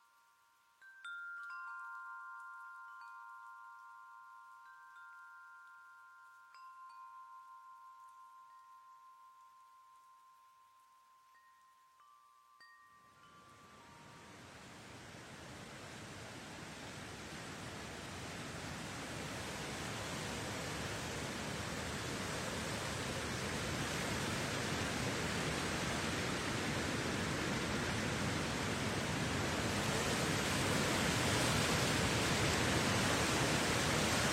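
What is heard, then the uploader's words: A wind chime rings a few clear, bright tones that hang and slowly fade over the first dozen seconds. Around thirteen seconds, a dense, steady hiss of rain takes over and keeps swelling louder through to the end, burying the chimes. The wind chime that heals in rainy days.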